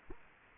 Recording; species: mosquito wingbeat signal from an infrared sensor; Culex quinquefasciatus